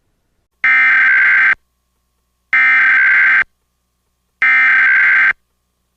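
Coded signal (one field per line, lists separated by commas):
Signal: Emergency Alert System (SAME) tones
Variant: header bursts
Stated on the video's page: Valid EAS tones in a fictional Kaiju Required Monthly Test mock, recreated with a weather radio station ID and a Midland WR400 advisory tone.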